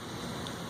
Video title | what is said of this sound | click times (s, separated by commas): Turbo rebuild, test drive, old rusty troubles. - HOWR | part of it is the other part's not so we're going to work that in with a small screwdriver | 0.5 s